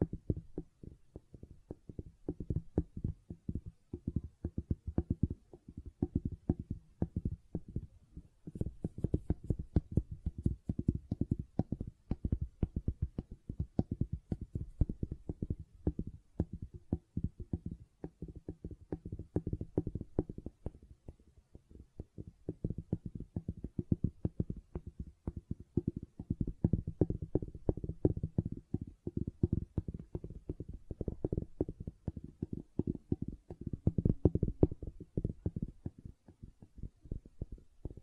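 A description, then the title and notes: Gentle silicone sounds: a dense, rapid run of soft taps and squishy clicks that carries on for the whole stretch, mostly low and muffled. The pace stays busy, easing briefly around 21 seconds before picking back up. ASMR Gentle Silicon Sounds for Sleep (No Talking).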